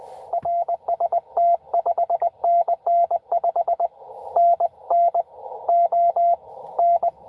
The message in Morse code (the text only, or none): RST 5NN 5NN ON